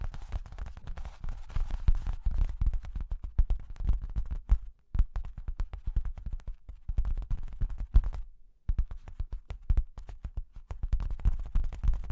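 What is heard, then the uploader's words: Fingers tap, scratch and trace across cork and wood, making dense, quick, irregular ticks and soft rubbing. The sounds are mostly low and dry with some crisp edges, broken by brief pauses near five and eight and a half seconds. ASMR Sleepy Cork and Wood Tapping, Scratching, Tracing (No Talking).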